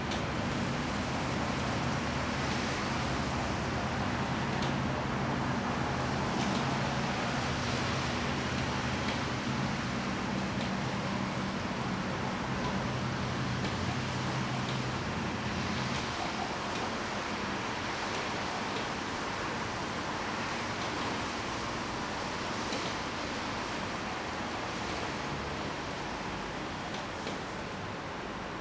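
Rain patters densely and steadily on a plastic roof, with frequent sharper drops standing out throughout. A low, steady engine rumble, likely a passing boat or vehicle, holds for the first sixteen seconds, then fades, leaving only the even hiss of rain.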